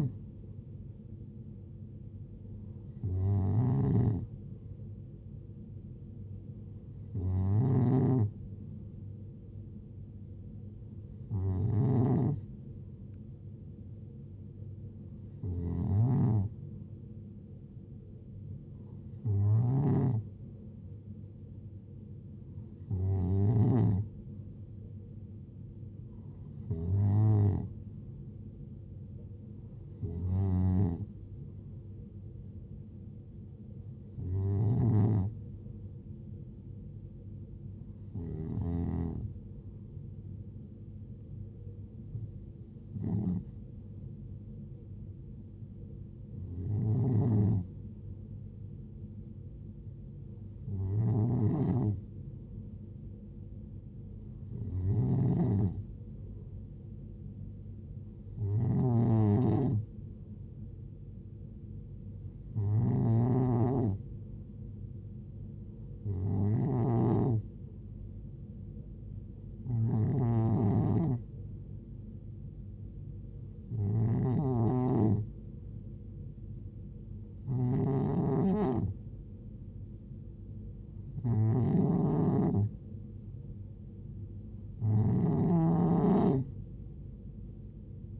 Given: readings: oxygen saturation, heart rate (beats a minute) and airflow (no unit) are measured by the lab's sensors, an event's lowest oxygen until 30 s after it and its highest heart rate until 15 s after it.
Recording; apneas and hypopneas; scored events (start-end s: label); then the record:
breathing in sleep by a smartphone at the bedside; none
none scored
From the record:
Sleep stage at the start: N2 (light sleep); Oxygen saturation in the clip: 92 to 93%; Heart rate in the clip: 67 to 72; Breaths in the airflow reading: 23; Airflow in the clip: -6.7 to 4.8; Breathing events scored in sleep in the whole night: 389 in 6.3 hours asleep